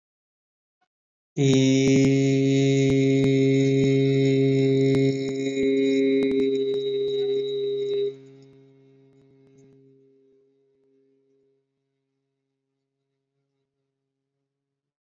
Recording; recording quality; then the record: sustained vowel as in beet; excellent, no background noise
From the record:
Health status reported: respiratory illness, not identified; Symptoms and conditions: breathing difficulty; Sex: male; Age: 22 years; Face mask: not worn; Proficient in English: yes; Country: India